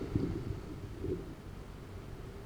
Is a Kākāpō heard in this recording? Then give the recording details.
no. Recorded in New Zealand. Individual Arab